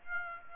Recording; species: mosquito wingbeat signal from an infrared sensor; Aedes aegypti